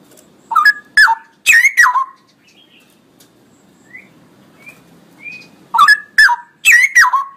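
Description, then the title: Straw-headed bulbul song: bursts of loud gurgling whistled notes, a quiet gap with faint soft chirps, then more rich bubbling bursts. Male, singing loudly with long rolling phrases; used as master recording for training songbirds. "GILEEE Cucak ROWO Jantan GACOR Suara Lantang ROoo EL Panjang"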